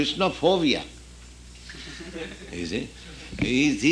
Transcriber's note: laughter